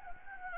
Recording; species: mosquito wingbeat signal from an infrared sensor; Anopheles gambiae